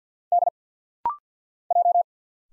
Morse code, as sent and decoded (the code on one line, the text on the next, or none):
-.. / .---
D J